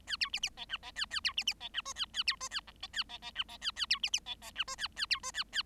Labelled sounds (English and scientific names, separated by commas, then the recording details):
Bengalese Finch (Lonchura striata domestica) song
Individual Bird7